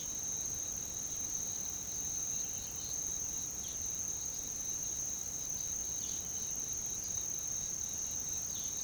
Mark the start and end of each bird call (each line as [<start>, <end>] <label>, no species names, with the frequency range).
[5.95, 6.21] bird call (2.3-4.9 kHz)
[8.33, 8.83] bird call (3.2-5.7 kHz)